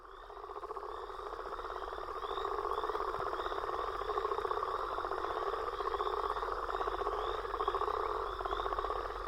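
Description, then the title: Frogs and toads in a dense chorus: continuous pulsing trills layered with repeated rising chirps, many callers overlapping, swelling at the start. Mixed frog and toad chorus recorded after a storm. "Frog And Toad Chorus Post Storm With Thunder"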